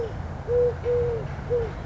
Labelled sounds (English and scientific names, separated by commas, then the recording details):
Eurasian Collared Dove (Streptopelia decaocto)
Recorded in Sonoma County, California